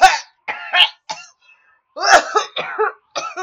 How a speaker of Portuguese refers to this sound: Ai, esta maldita tosse.